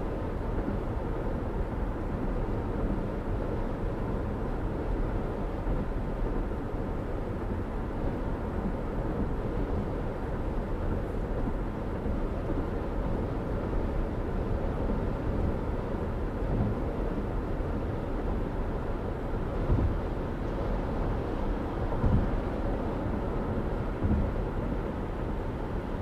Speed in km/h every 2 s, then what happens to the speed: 114, 114, 114, 116, 116, 116, 114, 114, 116, 116, 114, 114, 114.
0-26 steady at about 114.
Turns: none.